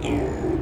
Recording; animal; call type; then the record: contact call of a hoofed animal; pig; closed-mouth grunt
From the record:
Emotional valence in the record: negative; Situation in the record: short social isolation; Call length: 0.62 s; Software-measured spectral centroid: 1520 Hz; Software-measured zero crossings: 930 a second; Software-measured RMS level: -24 dBFS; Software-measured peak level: -12 dBFS